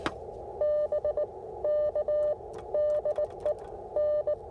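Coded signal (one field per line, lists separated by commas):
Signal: Morse code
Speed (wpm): 18 wpm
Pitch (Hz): 590 Hz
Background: none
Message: BK DE N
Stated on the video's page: Parks on the Air activation at the NC Transportation Museum using an IC-705 and a CHA MPAS Lite antenna.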